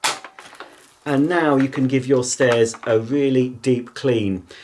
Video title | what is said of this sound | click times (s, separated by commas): Shark Anti Hair Wrap Vacuum Cleaner With Powered Lift-Away NZ850UKT Assembly & Review | we can put the handle directly into the duraclean head just push it until it clicks | 0.4 s